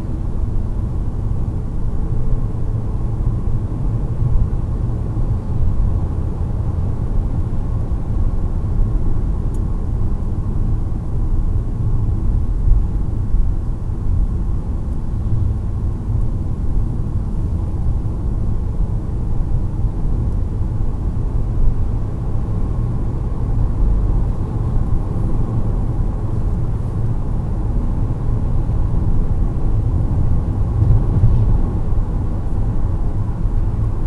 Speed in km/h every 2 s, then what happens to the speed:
102, 108, 114, 117, 113, 101, 92, 93, 97, 103, 109, 116, 122, 127, 132, 132, 130.
0-7 speeds up to 117. 7-13 brakes to 92. 13-28 speeds up to 132. 28-34 steady at about 132.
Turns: none.